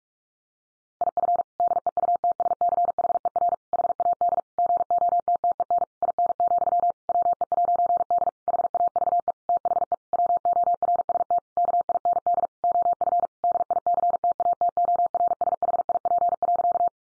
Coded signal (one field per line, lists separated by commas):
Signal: Morse code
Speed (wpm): 44 wpm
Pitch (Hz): 700 Hz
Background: none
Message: IF DEUTSCHER HAD GOTTEN IN, WE'D HAVE THE WORST KIND OF DICTATORSHIP.